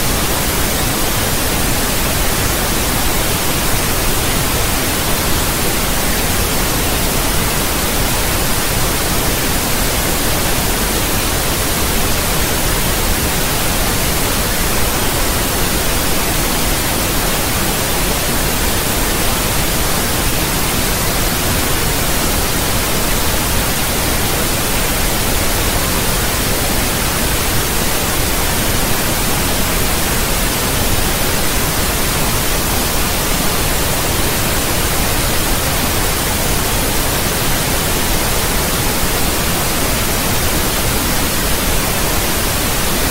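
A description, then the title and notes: Pink noise runs unbroken for the whole clip, a dense, even hiss with no events or pauses. The level stays constant from start to finish, and the sound leans slightly toward a softer, fuller low end rather than a sharp, bright fizz. Pink noise.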